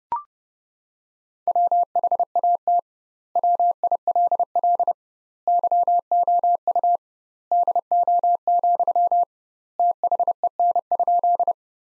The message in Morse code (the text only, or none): WHAT WILL YOU DO, THEN?